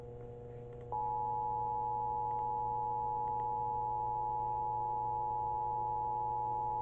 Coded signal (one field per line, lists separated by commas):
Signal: Emergency Alert System (SAME) tones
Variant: 853 and 960 Hz attention tone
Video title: EAS 1219: Montana Amber Alert